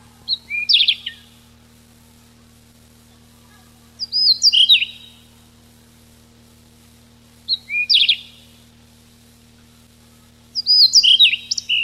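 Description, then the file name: Siberian rubythroat repeating short, similar whistled phrases about every three and a half seconds, four times, each a quick cluster of high slurred notes. Recorded 6 July 1991. "Ccalliopa 6 07 91"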